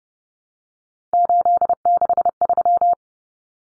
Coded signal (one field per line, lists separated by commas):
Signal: Morse code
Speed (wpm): 30 wpm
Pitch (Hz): 700 Hz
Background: none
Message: 863